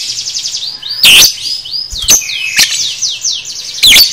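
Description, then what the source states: Lovebird chatter: a fast stream of high, shrill chirps with several harsh, piercing shrieks breaking in at irregular moments. Masteran (tutor) recording for training cage birds, aimed at 'paud' lovebirds.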